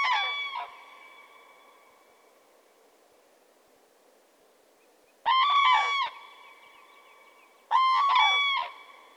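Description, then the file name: Common crane calls, loud harmonic trumpeting notes about a second long, one at the start, then two more close together near the end, each leaving a lingering ringing tail. "grus grus"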